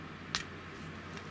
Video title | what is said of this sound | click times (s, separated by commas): เทคนิคการเปลี่ยนสายไฟ เครื่องหนีบผม GHD Platinum | And then just push until you hear it click. That's it. | 0.4 s